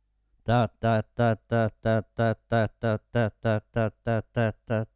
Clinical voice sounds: repeated syllable /ta/; male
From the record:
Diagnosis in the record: Parkinson's disease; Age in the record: 72 years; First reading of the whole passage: 118 s, 4.4 characters per second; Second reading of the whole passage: 99 s, 5.2 characters per second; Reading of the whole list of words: 88 s, 3.2 characters per second

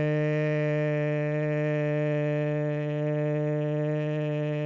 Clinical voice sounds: sustained vowel /e/; male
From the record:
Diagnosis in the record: Parkinson's disease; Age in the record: 70 years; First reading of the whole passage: 112 s, 4.6 characters per second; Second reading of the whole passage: 107 s, 4.9 characters per second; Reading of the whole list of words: 68 s, 4.1 characters per second

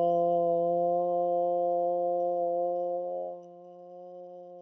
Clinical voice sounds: sustained vowel /o/; female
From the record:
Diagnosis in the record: healthy control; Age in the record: 61 years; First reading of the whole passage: 59 s, 8.5 characters per second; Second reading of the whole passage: 54 s, 7.6 characters per second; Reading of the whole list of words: 57 s, 4.9 characters per second

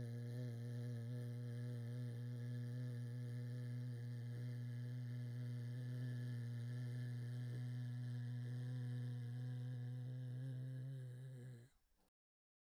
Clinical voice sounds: sustained vowel /e/; male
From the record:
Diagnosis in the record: Parkinson's disease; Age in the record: 68 years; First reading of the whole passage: 84 s, 6.2 characters per second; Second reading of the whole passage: 63 s, 8.2 characters per second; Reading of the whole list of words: 57 s, 5.0 characters per second

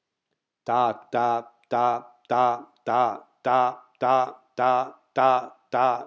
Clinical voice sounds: repeated syllable /ta/; male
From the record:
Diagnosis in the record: healthy control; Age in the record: 68 years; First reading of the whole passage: 60 s, 8.7 characters per second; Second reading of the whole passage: 55 s, 9.3 characters per second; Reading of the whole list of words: 43 s, 6.5 characters per second

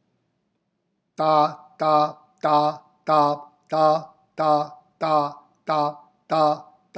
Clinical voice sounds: repeated syllable /ta/; male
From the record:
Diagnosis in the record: healthy control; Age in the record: 70 years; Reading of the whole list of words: 64 s, 3.8 characters per second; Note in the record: marked for poor recording quality or reading difficulty

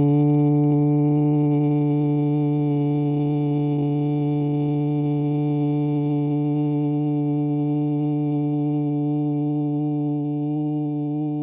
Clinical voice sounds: sustained vowel /u/; male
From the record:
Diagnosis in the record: Parkinson's disease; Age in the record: 70 years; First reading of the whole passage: 68 s, 7.6 characters per second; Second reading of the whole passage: 61 s, 8.4 characters per second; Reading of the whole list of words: 64 s, 4.4 characters per second

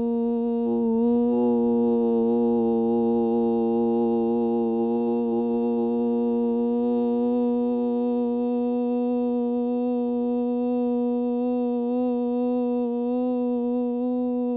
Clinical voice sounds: sustained vowel /u/; female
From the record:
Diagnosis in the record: Parkinson's disease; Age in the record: 54 years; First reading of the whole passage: 55 s, 9.4 characters per second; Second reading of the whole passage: 50 s, 10.4 characters per second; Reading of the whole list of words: 55 s, 5.1 characters per second

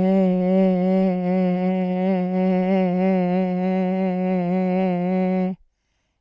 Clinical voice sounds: sustained vowel /e/; female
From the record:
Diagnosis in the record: Parkinson's disease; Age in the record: 80 years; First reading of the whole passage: 169 s, 3.1 characters per second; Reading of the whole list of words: 101 s, 2.8 characters per second

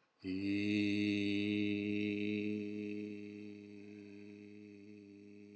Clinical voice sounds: sustained vowel /i/; male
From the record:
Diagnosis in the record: healthy control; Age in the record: 76 years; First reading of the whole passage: 56 s, 9.2 characters per second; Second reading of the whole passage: 53 s, 9.7 characters per second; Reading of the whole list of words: 49 s, 5.7 characters per second

